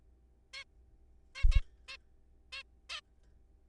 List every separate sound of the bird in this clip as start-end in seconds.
0.54-0.64, 1.35-1.45, 1.52-1.61, 1.88-1.97, 2.52-2.63, 2.90-3.01